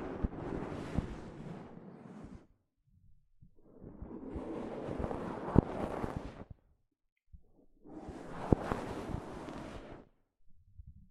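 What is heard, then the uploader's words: Soft fabric brushes across a microphone in three long rustling passes, at the start, around four to six seconds, and around eight to ten seconds. Each pass is a dense, rumbling swish with small thumps, separated by near silence and faint low bumps. ASMR Mic Brushing using Soft Fabric (No Talking).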